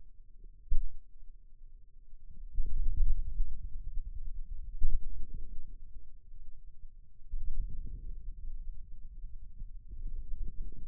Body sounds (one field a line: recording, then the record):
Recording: forearm muscle sounds (acoustic myography)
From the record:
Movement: wrist flexion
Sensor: system 2, bracelet of six BSWA MPA416 microphones around the upper forearm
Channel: 6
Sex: male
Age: 22 years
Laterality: right